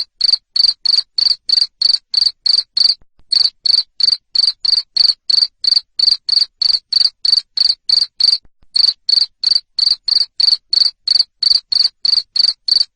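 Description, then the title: Cricket giving a long run of sharp, high chirps at a brisk even pace, about three each second, interrupted by two short pauses. Loud cricket chirping used to stimulate lovebirds into continuous ngekek singing. "Suara JANGKRIK NGERIK Keras Bikin LOVEBIRD Jadi NGEKEK Terus Vubey"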